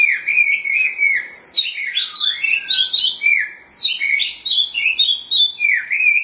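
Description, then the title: Oriental magpie-robin singing a continuous, melodious warble of looping whistled notes, rising and falling without pause. "Suara Kicauan Burung Kacer"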